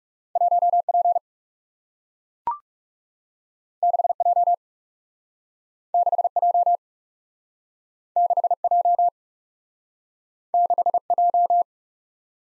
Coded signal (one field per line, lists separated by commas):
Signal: Morse code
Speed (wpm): 41 wpm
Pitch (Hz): 700 Hz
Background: none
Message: 1 P 6 J 6 J 6 J 6 J